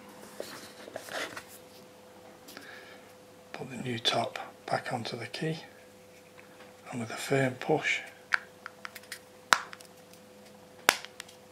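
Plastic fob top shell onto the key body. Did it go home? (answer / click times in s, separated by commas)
yes / 9.5 s, 10.9 s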